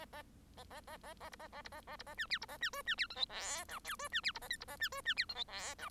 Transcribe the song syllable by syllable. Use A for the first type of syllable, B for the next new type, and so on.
A A A A A B A A B A A B A C D B A C E C D F G H I J E C D B A K B A C E C D F G H I